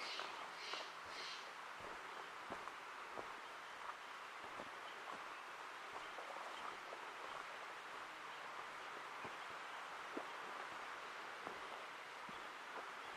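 Forest ambience at the Ancient Forest Preserve in Portland, Oregon: a steady, dense rustle like wind through leaves runs throughout. A few high bird chirps come in the first second or so, and brief soft ticks and snaps scatter irregularly across the recording.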